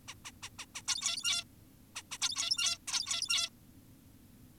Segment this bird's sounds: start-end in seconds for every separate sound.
0.08-0.14, 0.25-0.32, 0.43-0.49, 0.59-0.66, 0.75-0.82, 0.88-1.44, 1.96-2.02, 2.12-2.18, 2.22-2.78, 2.88-3.50